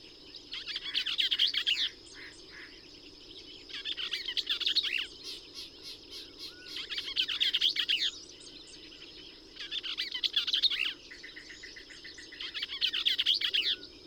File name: Bell's Vireo